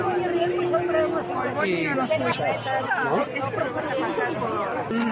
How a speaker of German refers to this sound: Wir sind hier an der Calle Aragón. Die Leute fangen an, Geräusche zu veranstalten, klatschen, Sprechchöre. Es wird protestiert gegen die Formel 1 Show der Formel 1 Mafia, die hier ihren Umweltdreck in der Stadt hinterlässt.